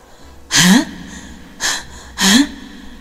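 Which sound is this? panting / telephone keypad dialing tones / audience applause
panting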